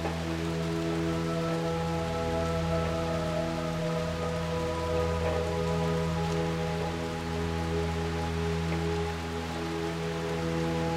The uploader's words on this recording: The rhythmic pitter-patter of rain meets ethereal music. Raindrops and ambient melodies.